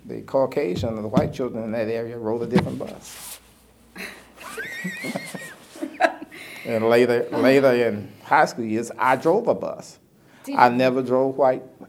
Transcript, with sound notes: The Caucasian and the white children in that area rode a different bus. [laughter] And later in high school years, I drove a bus…I never drove white